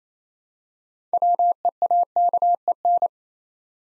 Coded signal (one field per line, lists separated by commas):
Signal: Morse code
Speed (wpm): 27 wpm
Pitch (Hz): 700 Hz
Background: none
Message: WEAKEN